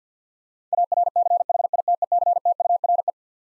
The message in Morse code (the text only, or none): ARCHITECTURE